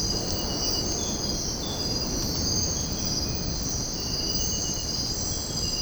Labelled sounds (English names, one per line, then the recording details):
none
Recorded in secondary vegetation near Puerto Asís, Putumayo, Colombia, on 13 March 2025 at 05:30
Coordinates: 0.481, -76.318
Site G097